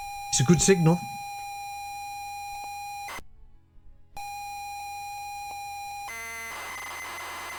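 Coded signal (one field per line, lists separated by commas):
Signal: ZX Spectrum tape loading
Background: speech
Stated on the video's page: Tape loading tested on a ZX Spectrum Next.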